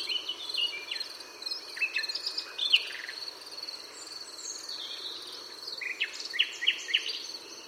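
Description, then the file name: Common nightingale song: varied phrases of sharp whistles, fast trills and upslurred notes in short bursts, over a steady high insect drone throughout. "Luscinia megarhynchos"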